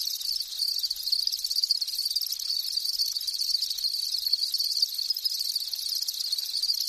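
Insects producing a steady, shimmering, unbroken high trill.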